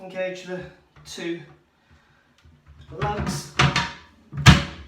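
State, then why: Seated. A second plastic quick-release toilet seat is pressed back onto its hinge fixings while someone talks. After some shuffling and handling noises, a sharp click at 4.5 s shows the seat has snapped into place on the hinge.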